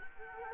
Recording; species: mosquito wingbeat signal from an infrared sensor; Culex quinquefasciatus